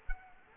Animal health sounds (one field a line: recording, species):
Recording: mosquito wingbeat signal from an infrared sensor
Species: Culex quinquefasciatus